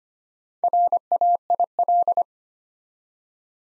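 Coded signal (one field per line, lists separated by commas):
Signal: Morse code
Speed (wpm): 25 wpm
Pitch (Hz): 700 Hz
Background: none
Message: RAIL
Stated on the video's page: Morse code practice set building 4-letter words one letter at a time at 25 wpm, for beginners moving to instant character recognition.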